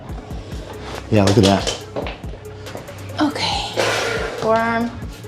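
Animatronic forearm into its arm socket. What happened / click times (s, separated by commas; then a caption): Handled, not yet home: large plastic arm part pushed toward its mount / none. The forearm of a large plastic animatronic figure is handled and pushed toward its arm socket while someone talks, with brief sharp knocks around 2.0 and 2.1 seconds. Nothing has seated or clicked yet; the part is not home by the end of the clip.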